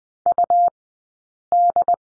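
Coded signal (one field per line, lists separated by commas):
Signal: Morse code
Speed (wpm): 20 wpm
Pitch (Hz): 700 Hz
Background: none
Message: UD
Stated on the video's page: Morse code course lesson on the letter M, two-character drill, Farnsworth speed of 20/10 wpm.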